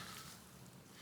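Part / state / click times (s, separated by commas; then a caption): spark plug boot onto spark plug of a string trimmer engine / not seated / none. A rubber spark plug boot is handled over the freshly installed spark plug on a Stihl KM91R string trimmer engine, with only quiet, steady broadband noise and a faint low hum heard. No sharp transients stand out. The boot has not seated or clicked yet.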